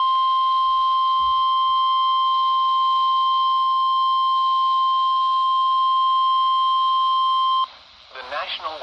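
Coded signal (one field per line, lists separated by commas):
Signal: Emergency Alert System (SAME) tones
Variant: 1050 Hz attention tone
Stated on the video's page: NOAA Weather Radio alert for a severe thunderstorm, from a transmitter on 162.500 MHz about 82 miles away, received on a RadioShack 12-254 weather radio.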